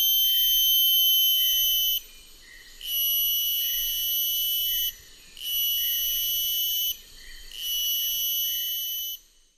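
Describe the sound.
Purana nebulilinea cicada song: a loud, shrill, steady high-pitched whine in four long bursts of about two seconds, each split by a brief pause, over a faint low background rumble.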